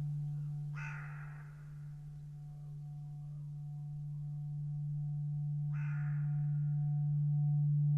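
Bird calls: two rough, grating notes roughly five seconds apart, heard over a persistent low hum.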